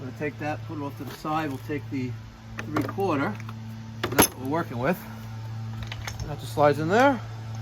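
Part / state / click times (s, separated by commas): crimp jaw into pipe press tool / not seated / none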